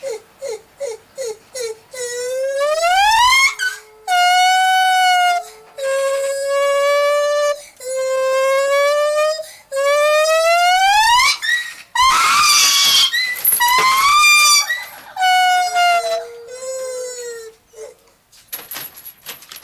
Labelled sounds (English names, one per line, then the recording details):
Lar Gibbon
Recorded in captivity
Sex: female
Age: adult
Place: Tierpark Berlin, Berlin, DE
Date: 1983-12-24
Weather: sonnig-wolkig, 1-3°C, windstill
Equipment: Nagra SN, Sennheiser MKH 416 T, Kopie Uher 4000 Report Monitor
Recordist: Tembrock, Günter